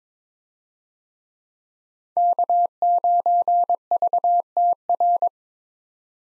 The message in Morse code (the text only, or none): K9VTR